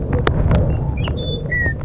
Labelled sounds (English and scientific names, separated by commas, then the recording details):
Western Meadowlark (Sturnella neglecta)
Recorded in Sonoma County, California